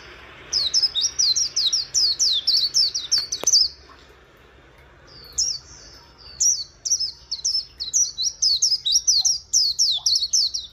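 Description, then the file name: White-eye song of rapid, high twittering notes, a brief gap near the middle, then the chattering run resumes steadily to the end. "Zosterops"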